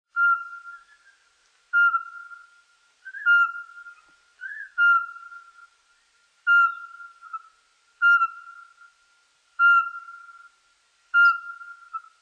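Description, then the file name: Eurasian pygmy owl giving short, even whistled notes on one pitch, repeated roughly every one and a half seconds, with a few brief extra notes between them. "soweczka"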